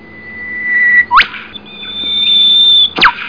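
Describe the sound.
Whipbird call: a long, steady whistle ends in a sharp whip-crack snap, followed by a higher sustained whistle that also finishes with a crack.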